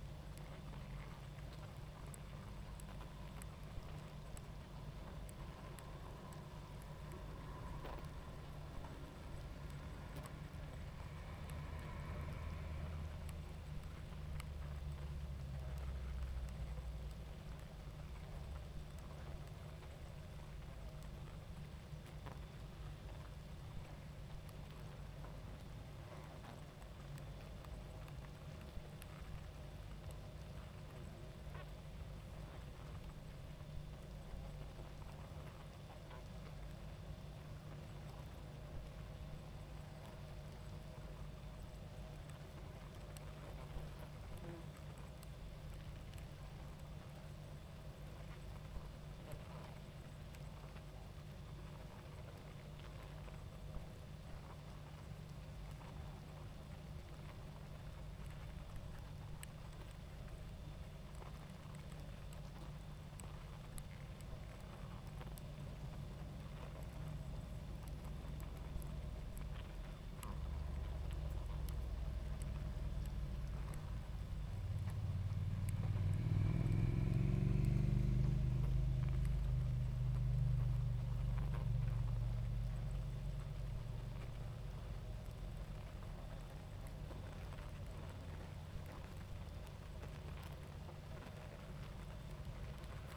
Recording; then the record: honeybee colony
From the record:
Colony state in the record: active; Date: 28 July 2017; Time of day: 21:43